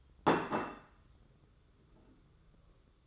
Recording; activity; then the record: daily activity, microphone in the room; place plate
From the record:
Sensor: 3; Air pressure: 995.3 hPa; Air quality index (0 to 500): 77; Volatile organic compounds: 5 ppm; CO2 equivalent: 1829 ppm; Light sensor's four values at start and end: 15/44/19/15 and 15/44/19/15